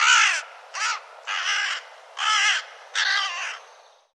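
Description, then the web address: Bird giving harsh, hoarse caws: five separate rasping calls spaced roughly every half second to one second, the first loudest, over a quiet background. "cianscape birddata Deverinetal 2025 File cleaned normalized Bird"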